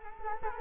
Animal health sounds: mosquito wingbeat signal from an infrared sensor; Culex quinquefasciatus

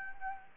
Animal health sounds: mosquito wingbeat signal from an infrared sensor; Anopheles gambiae

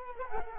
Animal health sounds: mosquito wingbeat signal from an infrared sensor; Culex quinquefasciatus

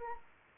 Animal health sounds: mosquito wingbeat signal from an infrared sensor; Anopheles arabiensis

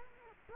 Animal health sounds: mosquito wingbeat signal from an infrared sensor; Culex quinquefasciatus

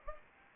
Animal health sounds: mosquito wingbeat signal from an infrared sensor; Anopheles gambiae

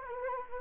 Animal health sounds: mosquito wingbeat signal from an infrared sensor; Anopheles gambiae

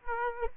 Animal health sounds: mosquito wingbeat signal from an infrared sensor; Aedes aegypti

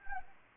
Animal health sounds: mosquito wingbeat signal from an infrared sensor; Anopheles arabiensis

